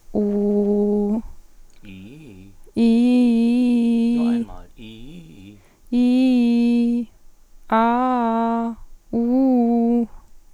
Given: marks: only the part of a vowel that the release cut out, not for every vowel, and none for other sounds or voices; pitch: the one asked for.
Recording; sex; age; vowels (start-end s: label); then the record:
sustained vowels; female; 20 to 29 years
0.32-1.10 s: vowel /u/, low pitch
5.96-6.64 s: vowel /i/, low-high-low pitch
7.78-8.47 s: vowel /a/, low-high-low pitch
9.23-9.93 s: vowel /u/, low-high-low pitch
From the record:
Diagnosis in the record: healthy voice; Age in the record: 21 years